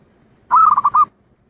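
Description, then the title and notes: Zebra dove giving a brief burst of several quick, bubbling coo notes, then silence. Song used for training other birds to learn it (mastering). "Kupulan Burung Perkutut. burung perkutut yang bisa digunakan untuk memaster"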